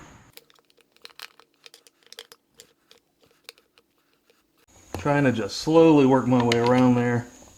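A rubber intake boot is worked slowly and gently by hand around the throttle body of a TMAX 500 scooter, with care not to damage the rubber. Soft crinkling handling noises are heard, with small sharp ticks at 1.1, 1.2, 1.7, 2.1, 2.2 and 3.5 seconds, then someone talks from about 4.8 seconds to the end. Nothing has seated or clicked yet.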